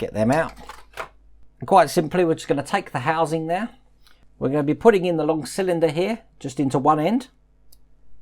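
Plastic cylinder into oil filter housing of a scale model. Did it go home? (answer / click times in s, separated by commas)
yes / 7.7 s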